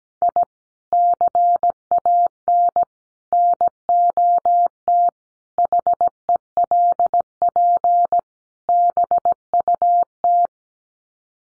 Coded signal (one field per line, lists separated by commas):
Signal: Morse code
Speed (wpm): 17 wpm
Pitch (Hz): 700 Hz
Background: none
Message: I CAN NOT HELP BUT